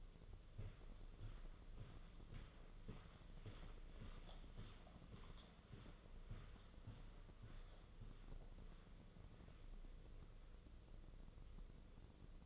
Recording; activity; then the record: daily activity, microphone in the room; walk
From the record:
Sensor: 4